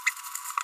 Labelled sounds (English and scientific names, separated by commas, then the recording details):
Green-rumped Parrotlet (Forpus passerinus) babbling
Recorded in a nest box in Venezuela
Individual 18B25A3